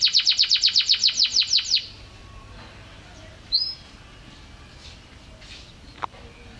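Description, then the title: Canary giving a fast trill of about a dozen pulsing notes for two seconds, followed by near quiet with two brief sounds. Canary described as gacor (singing vigorously); a first-place champion bird at competition level. "Suara Kenari Gacor Suara Kicau Burung Kenari Gacor Juara 1 Tingkat N"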